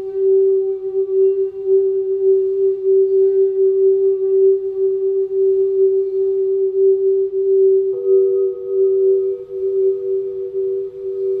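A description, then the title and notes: Crystal singing bowls sustain a steady, pure mid-pitched tone, and around eight seconds a second, slightly higher bowl joins with faint overtones. Crystal singing bowls.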